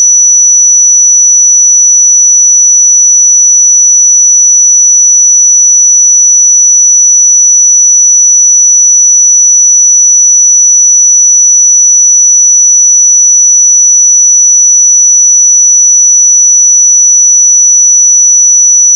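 A pure sine tone at 5920 Hz holds perfectly steady for the full nineteen seconds, a single thin, bright, high whistle. Its loudness never changes, and nothing else sounds beneath or around it.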